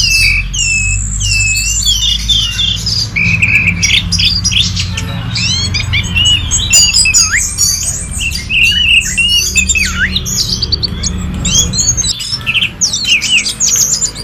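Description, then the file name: Orange-headed thrush singing varied looping whistles, slurred notes and chatter in a continuous flow, over a low hum. "anis merah omkicau"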